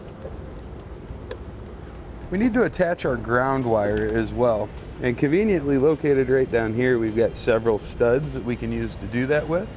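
A plastic Curt T-connector trailer wiring plug is pushed into the factory wiring connector in the rear cargo area of a 2017 Buick Encore, giving one sharp, loud, short click at 1.3 s as it latches and seats. After a quiet stretch with low background noise, someone talks from about 2.3 s to the end.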